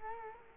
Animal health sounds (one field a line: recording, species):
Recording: mosquito wingbeat signal from an infrared sensor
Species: Culex quinquefasciatus